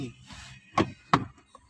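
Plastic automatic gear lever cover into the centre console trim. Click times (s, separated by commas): 1.1 s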